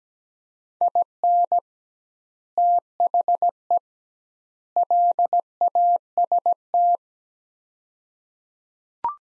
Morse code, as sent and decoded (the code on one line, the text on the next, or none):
.. -. / - .... . / .-.. .- ... -
IN THE LAST